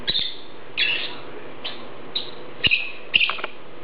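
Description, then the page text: Lovebird calls, several sharp high squeaky chirps at uneven intervals, over a faint hum and occasional clicks. "Попугай неразлучник - Голос"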